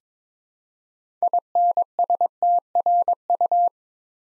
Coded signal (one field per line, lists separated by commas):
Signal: Morse code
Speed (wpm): 22 wpm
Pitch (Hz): 700 Hz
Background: none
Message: INSTRU